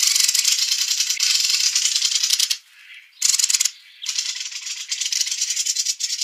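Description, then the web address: Mistle thrush giving dry, harsh rattling calls: two long churring bursts with a short burst between them, the rattle fairly even throughout. "Schulze Peter Mistle Thrush calls"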